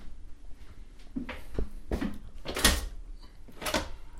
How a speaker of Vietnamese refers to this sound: Welcome nè, Weaver Hotel nè. Mở cái cửa đó ra là có gì không?